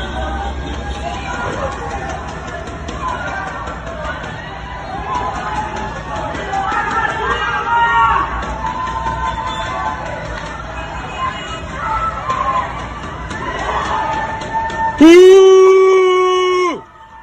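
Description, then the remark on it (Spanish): A noisy crowd of neighbourhood residents jeers and shouts at President Bolsonaro at a bakery in Asa Norte, telling him to go home, in a steady, overlapping din of voices, ending with one loud, drawn-out yell that slides downward in pitch before cutting off. “agora numa padaria da Asa Norte e a população escrachando ele.”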